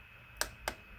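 A torque wrench tightening the next ignition coil bolt clicks at its set torque at 0.4 s, confirming the bolt is torqued. A second sharp click follows at 0.7 s, against a faint steady background hum.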